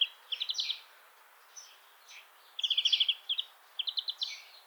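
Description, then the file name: European greenfinch twittering in bursts of rapid, slightly buzzy trilled notes, with short pauses between the bursts. "Chloris chloris"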